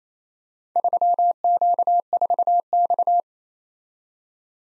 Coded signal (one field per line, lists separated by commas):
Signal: Morse code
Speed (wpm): 27 wpm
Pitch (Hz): 700 Hz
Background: none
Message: 3Q4X